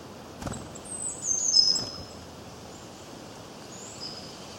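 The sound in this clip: Bird chirps: a brief run of very high, thin whistled notes near the middle, then quieter faint twitters against a constant hiss and a couple of soft knocks.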